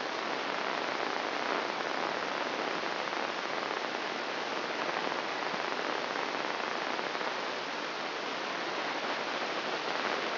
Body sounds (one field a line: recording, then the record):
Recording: brain microelectrode recording played as sound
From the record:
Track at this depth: inside the subthalamic nucleus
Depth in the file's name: 1.912 mm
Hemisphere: left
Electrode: 3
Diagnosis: Parkinson's disease